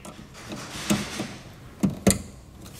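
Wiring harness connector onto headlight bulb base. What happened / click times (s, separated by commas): The connector clicked home / 2.1 s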